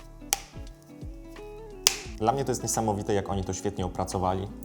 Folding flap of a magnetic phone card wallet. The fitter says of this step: Zresztą możecie jasno usłyszeć ten klik.